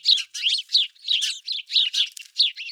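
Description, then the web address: House Sparrow chirping, a series of short, bright chirps in quick uneven succession with brief pauses between them. "BIRD NOTE. House Sparrows"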